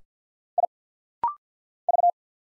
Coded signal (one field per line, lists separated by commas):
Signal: Morse code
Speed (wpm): 50 wpm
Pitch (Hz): 700 Hz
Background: none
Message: I V